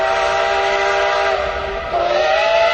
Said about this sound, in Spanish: Empezó la vocecita cuando fue ahogada por el terrible silbido de la locomotora y todos saltaron alarmados, incluso Alicia.